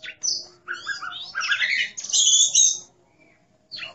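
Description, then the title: Oriental magpie-robin delivering a brief burst of warbled, slurred whistles and buzzy notes, then a pause and one more sharp note. "Kacer"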